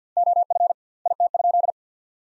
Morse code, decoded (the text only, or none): OF IT?